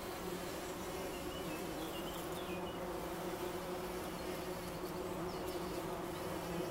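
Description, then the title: Bumblebee buzz, a continuous low drone with even harmonic bands, and a few faint high chirps partway through. Wülfel, Hannover, Germany. "Wülfel, Hannover, Deutschland - Hummelgebrumm"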